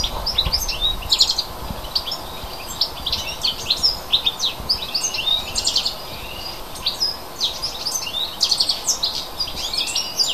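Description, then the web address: Bird chirping: dense bursts of high chirping and twittering, repeated in quick clusters across the whole stretch, with faint low noise beneath. Native bird at a hedge in February. "oeko hecke vogel februar vogel f 5 heimisch"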